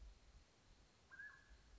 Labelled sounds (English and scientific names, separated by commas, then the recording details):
Mountain Quail (Oreortyx pictus)
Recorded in Sonoma County, California